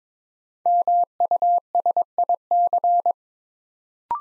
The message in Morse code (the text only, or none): MUSIC